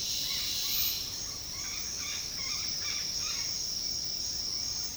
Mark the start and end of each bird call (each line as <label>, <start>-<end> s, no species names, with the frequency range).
bird call (0.7-4.3 kHz), 0.25-3.49 s